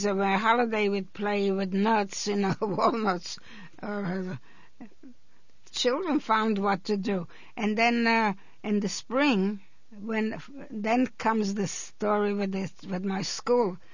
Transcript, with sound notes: On the holiday we'd play with nuts, you know, walnuts. (she laughs) Children found what to do. And then in the spring, when, then comes the story with the, with my school.